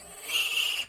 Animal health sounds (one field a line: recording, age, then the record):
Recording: pig call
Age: piglet (1 to 25 days)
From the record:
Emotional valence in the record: negative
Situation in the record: castration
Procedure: castration, fixation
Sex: male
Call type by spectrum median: high-frequency call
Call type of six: high-frequency modulated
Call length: 0.89 s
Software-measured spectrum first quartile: 2777 Hz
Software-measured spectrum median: 3250 Hz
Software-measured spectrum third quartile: 6976 Hz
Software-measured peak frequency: 2795 Hz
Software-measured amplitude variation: 164 dB a second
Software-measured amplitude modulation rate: 20.3 a second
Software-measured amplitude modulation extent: 8.1 dB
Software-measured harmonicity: 6.2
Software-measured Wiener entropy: -2.33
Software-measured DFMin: 1111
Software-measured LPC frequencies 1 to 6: 1142, 2788, 4533, 4925, 6674, 8661 Hz